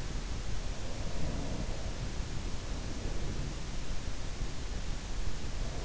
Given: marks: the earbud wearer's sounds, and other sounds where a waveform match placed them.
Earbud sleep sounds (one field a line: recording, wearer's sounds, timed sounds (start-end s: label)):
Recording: sounds in sleep by an in-ear microphone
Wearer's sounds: breath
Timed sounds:
0.91-3.57 s: breath